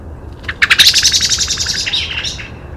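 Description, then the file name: Common blackbird giving a rapid, harsh chattering call, a burst of dry notes that starts loud and gradually fades over about two seconds. "Turdus merula"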